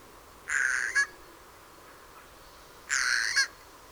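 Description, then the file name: Eurasian jay giving two loud, rasping screeches about two and a half seconds apart, each roughly half a second long and ending in a short harsher burst. Labelled as song. "Eichelhäher Gesang"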